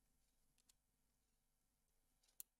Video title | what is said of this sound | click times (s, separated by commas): Build the FDNY Ladder 9 Fire Truck 1:24 Scale - Pack 3 - Stages 17-23 | push that down and just ensure that that's engaged so i can operate the | 2.4 s